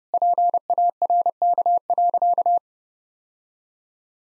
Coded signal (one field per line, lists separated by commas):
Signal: Morse code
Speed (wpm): 30 wpm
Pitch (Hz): 700 Hz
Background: none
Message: PARK.